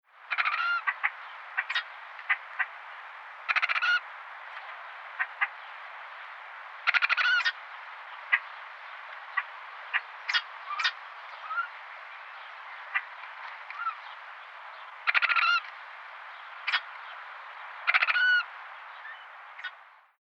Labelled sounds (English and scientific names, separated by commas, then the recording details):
Chimango Caracara (Milvago chimango)
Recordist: Tembrock, Günter
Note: Lautfolgen von zwei Tieren